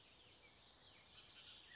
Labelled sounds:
Bullock's Oriole (Icterus bullockii)
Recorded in Sonoma County, California

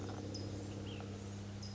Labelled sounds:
Ash-throated Flycatcher (Myiarchus cinerascens)
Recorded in Sonoma County, California

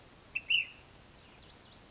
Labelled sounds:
Ash-throated Flycatcher (Myiarchus cinerascens)
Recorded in Sonoma County, California

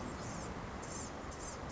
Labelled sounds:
Blue-gray Gnatcatcher (Polioptila caerulea)
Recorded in Sonoma County, California

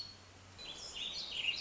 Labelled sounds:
Warbling Vireo (Vireo gilvus)
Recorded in Sonoma County, California

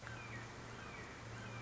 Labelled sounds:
Red-shouldered Hawk (Buteo lineatus)
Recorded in Sonoma County, California

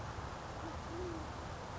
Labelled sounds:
Band-tailed Pigeon (Patagioenas fasciata)
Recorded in Sonoma County, California

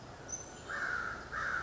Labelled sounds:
American Crow (Corvus brachyrhynchos)
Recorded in Sonoma County, California

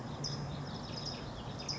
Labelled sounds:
California Towhee (Melozone crissalis)
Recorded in Sonoma County, California

